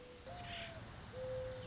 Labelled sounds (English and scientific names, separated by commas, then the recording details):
Mourning Dove (Zenaida macroura)
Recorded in Sonoma County, California